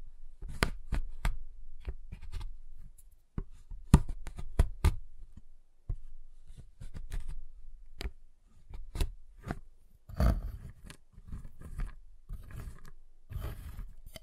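A giant chocolate bar is tapped, cut and snapped, giving sharp clicks and knocks in quick irregular bursts. Loud cracks land near 4 and 10 seconds, and from about 10 seconds on the sounds turn rougher and denser, with scraping and crumbling between the taps.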